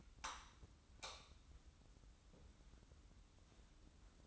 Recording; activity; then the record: daily activity, microphone in the room; light off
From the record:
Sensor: 3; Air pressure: 994.5 hPa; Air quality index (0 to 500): 211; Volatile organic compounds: 1000 ppm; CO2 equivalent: 7069 ppm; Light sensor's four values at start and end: 207/502/211/211 and 204/493/208/207